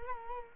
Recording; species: mosquito wingbeat signal from an infrared sensor; Culex quinquefasciatus